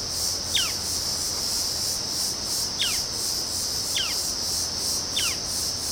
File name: Cherrie's antwren